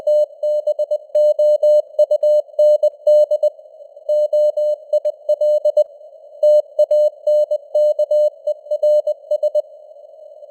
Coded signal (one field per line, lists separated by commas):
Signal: Morse code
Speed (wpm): 20 wpm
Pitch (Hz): 600 Hz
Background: none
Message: TBOUND OIL TANKERS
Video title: Morse Code News | 2025-12-18 | 20wpm